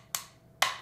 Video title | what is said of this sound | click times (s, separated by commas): 7 IMPRESSIONS 3D SPÉCIAL PÂQUES : Le distributeur à chocolat 3D ! | clipse la tête regarde sur le corps et | 0.2 s, 0.6 s